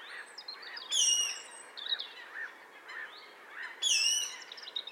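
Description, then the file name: Eurasian nuthatch calling amid other birds: soft, evenly repeated lower whistles, with two bright, ringing, downslurred notes about three seconds apart. "Sitta europaea"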